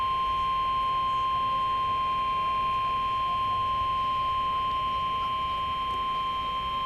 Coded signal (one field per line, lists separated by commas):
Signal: Emergency Alert System (SAME) tones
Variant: 1050 Hz attention tone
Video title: EAS #41 - Severe Thunderstorm Warning DeKalb, Jackson AL